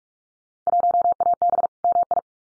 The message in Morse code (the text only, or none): 1AB MI